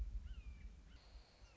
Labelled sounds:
Red-shouldered Hawk
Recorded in Sonoma County, California

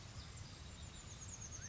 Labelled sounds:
Oak Titmouse
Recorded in Sonoma County, California

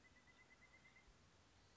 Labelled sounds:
Pileated Woodpecker
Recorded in Sonoma County, California

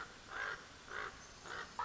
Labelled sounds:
Common Raven
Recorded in Sonoma County, California

